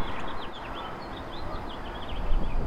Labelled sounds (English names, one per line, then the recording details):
House Finch song
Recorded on Long Island, New York, on 6 May 2011
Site MP
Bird A